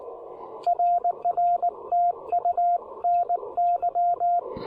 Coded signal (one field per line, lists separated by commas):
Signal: Morse code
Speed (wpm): 20 wpm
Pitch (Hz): 690 Hz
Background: radio noise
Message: RR TU NY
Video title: Taking the Ten-Tec Argonaut V on a POTA field activation!